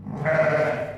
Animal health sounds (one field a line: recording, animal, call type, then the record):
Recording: contact call of a hoofed animal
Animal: sheep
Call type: low-frequency (closed-mouth) or high-frequency (open-mouth) call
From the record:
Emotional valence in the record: negative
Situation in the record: short social isolation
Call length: 0.98 s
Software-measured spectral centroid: 1410 Hz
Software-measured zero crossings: 1370 a second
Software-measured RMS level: -23 dBFS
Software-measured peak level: -8 dBFS